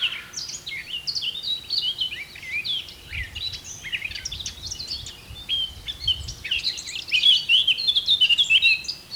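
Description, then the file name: Eurasian blackcap pouring out a continuous, varied warble of high chirps and short whistles, with faint low background rumble. "Sylvia atricapilla"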